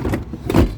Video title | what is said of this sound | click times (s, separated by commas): 2022 Bailey Phoenix + 440 Handover Video | and that locks into place. | 0.1 s, 0.5 s